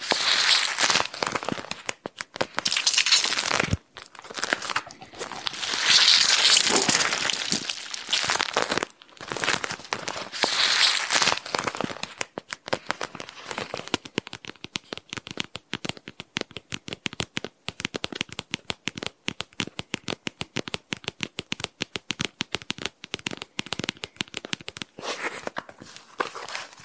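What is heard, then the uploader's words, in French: A thermal bag full of blue beads is handled, first in dense crinkling rustles, then in a rapid, steady rattle of sharp clicks. Je te relaxe avec une poche thermique remplie de billes bleues ! Sons d'une poche thermique remplie de billes bleues.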